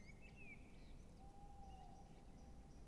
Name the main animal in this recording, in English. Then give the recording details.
Tawny Owl. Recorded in Germany. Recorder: ecoPi